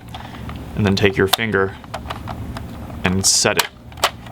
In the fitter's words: inside. Click it, make sure you hear it click and hold so it doesn't interfere with the plunger rod.